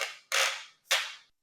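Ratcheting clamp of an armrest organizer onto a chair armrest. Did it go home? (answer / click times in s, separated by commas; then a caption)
yes / 0.0 s, 0.9 s. An adjustable armrest organizer's ratcheting clamp is squeezed down onto a chair armrest. Sharp, bright clicks with decaying tails are heard at 0.0 s and 0.9 s, followed by a brief faint tick near the end. The clamp clicks into place and is locked on the armrest.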